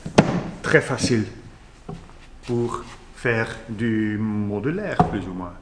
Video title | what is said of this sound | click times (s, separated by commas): PL78 profilé double-face pour panneaux | clipse très facile pour | 0.2 s